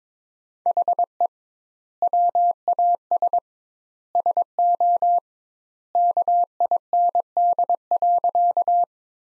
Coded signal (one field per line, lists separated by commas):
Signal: Morse code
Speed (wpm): 22 wpm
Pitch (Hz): 700 Hz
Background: none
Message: HE WAS SO KIND.